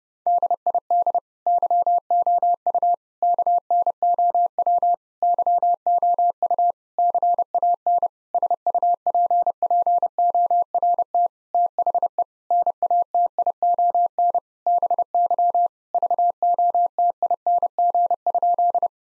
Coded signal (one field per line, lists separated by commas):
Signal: Morse code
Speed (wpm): 32 wpm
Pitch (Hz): 700 Hz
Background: none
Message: DID YOU KNOW YOU CAN SUPPORT THE NATION BY VOTING?